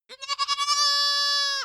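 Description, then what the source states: Goat bleating: a stuttering series of quick pulses opens the call, then it settles into one long, steady baa before ending abruptly. Young goat (lamb) giving a stuttering baa.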